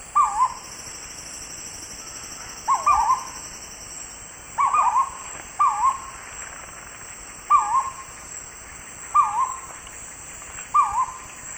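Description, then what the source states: Purple-throated fruitcrow calls, short looping whistled notes that dip and rise, given singly or in pairs about every one to two seconds over a steady high background hiss. South America, eastern lowlands.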